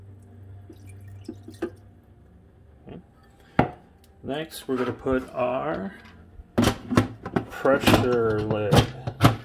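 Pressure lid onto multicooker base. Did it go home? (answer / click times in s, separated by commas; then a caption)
no / none. A pressure lid is being handled toward the base of a Ninja air fryer multicooker, with someone talking as it is moved. Sharp knocks and clatters are heard, the loudest near 3.6 s and 6.6 s, amid low background hum. Nothing has seated or locked yet.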